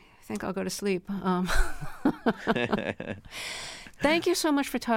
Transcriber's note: laughter